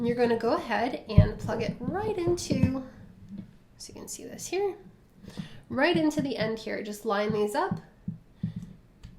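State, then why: Seated. Someone talks while lining up the female end of an XLR cable with the male socket of a Rode NT-1A/NT-1 condenser microphone. After a couple of faint handling sounds, the connector is pushed in and a small snap is heard at 9.0 s as the latch engages and the cable seats.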